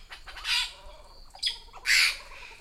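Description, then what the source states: White-throated Magpie-Jay calls: three harsh squawks, the first and last broad and grating, a short sharper note between. Central America; flocks are family groups led by a dominant female, with a mate and female offspring helping feed her young in cooperative breeding.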